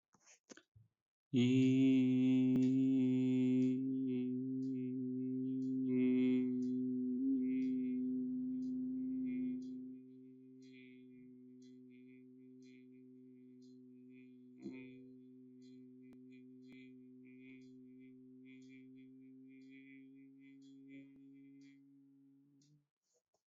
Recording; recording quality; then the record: sustained vowel as in beet; excellent, no background noise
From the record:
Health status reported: healthy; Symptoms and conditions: breathing difficulty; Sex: male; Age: 25 years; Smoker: yes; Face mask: not worn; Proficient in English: yes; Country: India